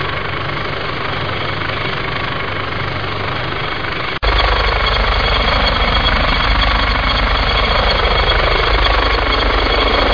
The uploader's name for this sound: AH-64 Apache Rotor Sound